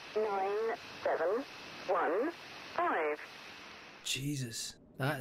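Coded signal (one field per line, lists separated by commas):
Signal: numbers station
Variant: Lincolnshire Poacher, English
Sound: about six short, evenly spaced, flat-toned spoken words over constant radio hiss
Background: radio static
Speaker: the beginning of a transmission from a now defunct number station known as the lincolnshire poacher so called because the call sign uses the melody from an old english folk song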